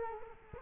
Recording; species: mosquito wingbeat signal from an infrared sensor; Culex quinquefasciatus